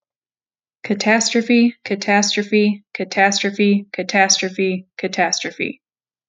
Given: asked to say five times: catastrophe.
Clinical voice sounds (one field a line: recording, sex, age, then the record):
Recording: repeated word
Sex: female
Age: 20 to 29 years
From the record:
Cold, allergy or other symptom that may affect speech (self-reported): no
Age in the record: 25 years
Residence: Ohio, United States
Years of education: 16